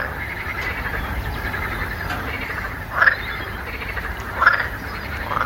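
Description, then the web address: Frog croaks: a few short, rough bursts rising out of a constant hissing background noise. "лягушки"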